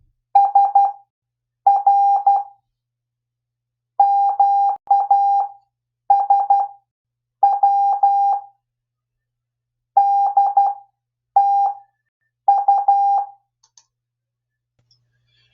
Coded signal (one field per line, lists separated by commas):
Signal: Morse code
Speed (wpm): 12 wpm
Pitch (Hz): 800 Hz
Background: none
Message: S R MA S W D T U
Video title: DO YOUR EARS A FAVOUR AND ADJUST YOUR CW TONE